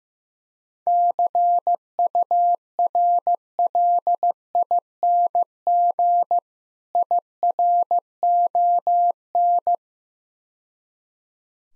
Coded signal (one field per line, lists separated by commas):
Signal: Morse code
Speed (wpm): 15 wpm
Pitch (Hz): 700 Hz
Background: none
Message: CURLING IRON